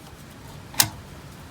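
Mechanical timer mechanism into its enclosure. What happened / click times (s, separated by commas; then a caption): The mechanism snapped into its housing / 0.8 s. A new T104 mechanical pool timer mechanism, the same clock as the old one, is pressed into its metal enclosure. A single sharp, loud snap at 0.8 s marks it seating in place, against quiet background noise. No one talks during the clip.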